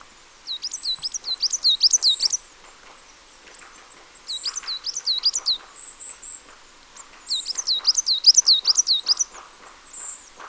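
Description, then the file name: Marsh tit giving three rapid runs of sharp high notes, each run lasting one to two seconds, separated by quieter pauses with faint chips. "Poecile palustris"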